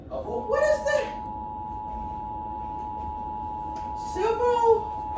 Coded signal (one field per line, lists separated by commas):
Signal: Emergency Alert System (SAME) tones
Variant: 853 and 960 Hz attention tone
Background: speech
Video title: Pranking my Husband with a fake EAS Alert